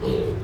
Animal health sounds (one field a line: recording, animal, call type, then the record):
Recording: contact call of a hoofed animal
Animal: pig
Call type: closed-mouth grunt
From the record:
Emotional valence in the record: positive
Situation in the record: food and toys in familiar pen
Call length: 0.44 s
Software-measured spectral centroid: 1590 Hz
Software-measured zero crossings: 890 a second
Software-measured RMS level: -24 dBFS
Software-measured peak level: -12 dBFS